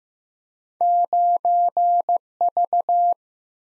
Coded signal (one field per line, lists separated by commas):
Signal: Morse code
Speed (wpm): 15 wpm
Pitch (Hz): 700 Hz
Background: none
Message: 9V